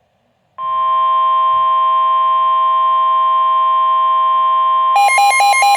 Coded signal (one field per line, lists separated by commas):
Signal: Emergency Alert System (SAME) tones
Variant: 1050 Hz attention tone